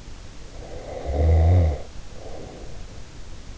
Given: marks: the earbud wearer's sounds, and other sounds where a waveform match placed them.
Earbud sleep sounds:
sounds in sleep by an in-ear microphone; snoring breath
0.58-3.24 s: snoring breath

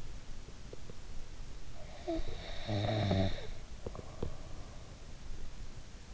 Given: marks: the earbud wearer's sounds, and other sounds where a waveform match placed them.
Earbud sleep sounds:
sounds in sleep by an in-ear microphone; snoring breath, teeth grinding
2.04-4.91 s: snoring breath
3.72-4.57 s: teeth grinding

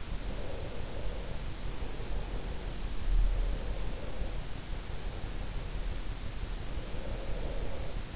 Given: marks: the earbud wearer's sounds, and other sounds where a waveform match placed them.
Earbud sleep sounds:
sounds in sleep by an in-ear microphone; breath
0.20-2.66 s: breath
3.21-6.02 s: breath
6.81-8.16 s: breath

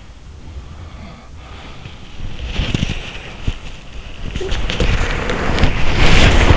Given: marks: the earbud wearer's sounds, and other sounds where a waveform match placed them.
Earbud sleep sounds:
sounds in sleep by an in-ear microphone; body movement
0.00-6.57 s: sound from someone else or the room
2.01-6.57 s: body movement

